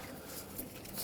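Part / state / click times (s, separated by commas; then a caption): wiring harness connector into engine component socket / not seated / none. While reinstalling the wiring harness during an intake manifold gasket replacement on a 2011-2016 Ford F-350 with the 6.2L V8, a plastic electrical connector is handled near its socket on an engine component. Only faint, steady handling noise is heard throughout. Nothing has seated or clicked yet.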